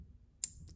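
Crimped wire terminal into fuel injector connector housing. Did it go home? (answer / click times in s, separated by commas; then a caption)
yes / 0.4 s. A crimped wire terminal with its seal is pushed into the back of a plastic fuel injector connector housing, and at 0.4 seconds the connector's internal plastic lock tab gives a sharp, bright click. A fainter click follows at about 0.7 seconds. The terminal is seated and locked in the connector.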